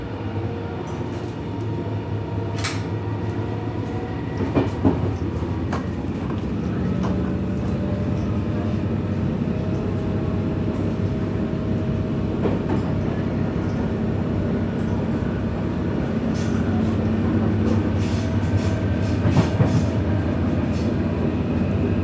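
A train ride with the steady low rumble and rattle of the tracks running throughout. Sharp clicks and knocks from the rails punctuate it every few seconds, around 2.5, 5, 12 and 19 seconds. No voices are heard; the rolling noise stays even.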